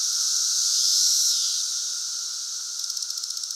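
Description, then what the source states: Periodical cicada chorus, a dense steady high hiss over a constant droning tone, swelling then easing, with a quick pulsing buzz near the end. Central Illinois, 2024 cicada super bloom.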